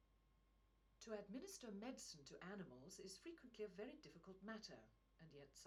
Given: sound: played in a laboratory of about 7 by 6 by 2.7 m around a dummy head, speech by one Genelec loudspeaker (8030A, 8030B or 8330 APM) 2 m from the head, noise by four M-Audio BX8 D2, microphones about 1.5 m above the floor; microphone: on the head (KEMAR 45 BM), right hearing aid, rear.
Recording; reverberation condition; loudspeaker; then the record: female speech in English; low; 60 degrees to the right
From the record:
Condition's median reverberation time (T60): about 310 ms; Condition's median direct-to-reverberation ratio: about 3.5 dB